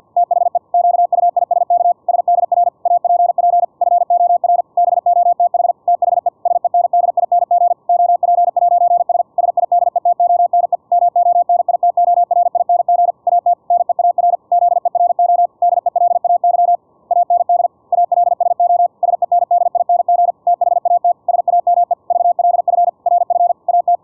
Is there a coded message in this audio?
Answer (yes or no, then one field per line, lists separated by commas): yes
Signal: Morse code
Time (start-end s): 0.2-24.0 s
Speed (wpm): 50 wpm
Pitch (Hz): 700 Hz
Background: none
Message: THE QUISK SDR APP FOR BOTH THE SENDING OP'S SIDETONE MONITORING AT NEAR ZERO DELAY AND ALSO SENDING THAT SAME VLF RF AT